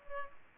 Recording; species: mosquito wingbeat signal from an infrared sensor; Culex pipiens